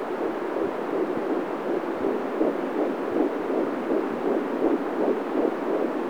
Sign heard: Heart Beat.